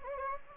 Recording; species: mosquito wingbeat signal from an infrared sensor; Anopheles gambiae